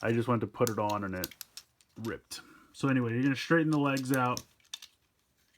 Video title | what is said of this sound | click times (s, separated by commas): Tomica Hyper Rescue Drive Head 01 Mark II Cyclone Interceptor Review | This then clicks into place. | 4.7 s